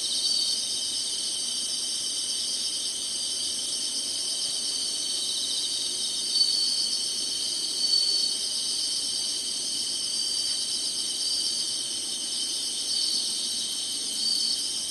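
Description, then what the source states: Insects sing in an even, unbroken high-pitched chorus of rapid trills, with two tiny clicks or chirps standing out briefly. Summer.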